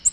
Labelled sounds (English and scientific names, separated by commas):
Nashville Warbler (Leiothlypis ruficapilla) flight call